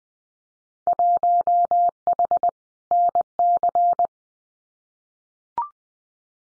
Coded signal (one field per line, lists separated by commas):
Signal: Morse code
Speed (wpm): 20 wpm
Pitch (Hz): 700 Hz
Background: none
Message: 1H NC